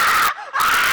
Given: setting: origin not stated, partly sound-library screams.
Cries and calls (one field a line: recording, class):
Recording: one-second piece from a danger detection set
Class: woman in danger